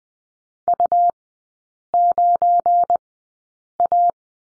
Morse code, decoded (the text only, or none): U9A